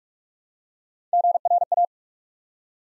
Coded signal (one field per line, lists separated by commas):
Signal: Morse code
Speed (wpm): 44 wpm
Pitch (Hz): 700 Hz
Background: none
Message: GRA